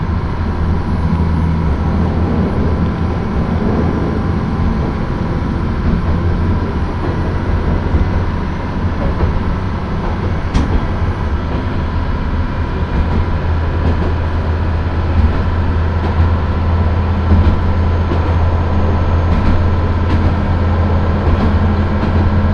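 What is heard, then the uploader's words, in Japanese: A ride aboard the Akechi Railway train from Akechi to Ena, with a steady low engine drone and rumble filling the whole stretch. The level stays even throughout, with a few faint clicks and rattles, one sharper knock around ten seconds. 明知鉄道 明智→恵那。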